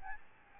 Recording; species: mosquito wingbeat signal from an infrared sensor; Aedes albopictus